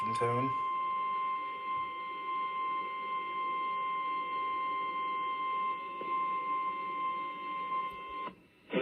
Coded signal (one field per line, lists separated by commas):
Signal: Emergency Alert System (SAME) tones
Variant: 1050 Hz attention tone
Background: speech